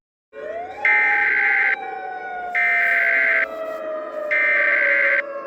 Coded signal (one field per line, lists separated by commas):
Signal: Emergency Alert System (SAME) tones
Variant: header bursts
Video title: EAS SCENARIO 17: Wenda's Revenge